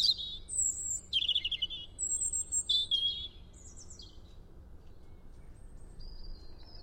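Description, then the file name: European robin song: several high whistled and trilled phrases in the first half, then quieter thin notes fading out over steady low background noise. "Erithacus rubecula"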